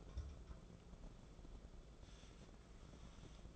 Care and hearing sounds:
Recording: daily activity, microphone in the room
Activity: take from stove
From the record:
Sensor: 5

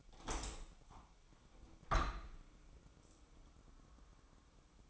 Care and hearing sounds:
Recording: daily activity, microphone in the room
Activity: open window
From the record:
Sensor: 1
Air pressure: 1000.5 hPa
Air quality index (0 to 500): 182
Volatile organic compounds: 4 ppm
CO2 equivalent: 1676 ppm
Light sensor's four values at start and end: 10/24/10/11 and 11/26/10/12

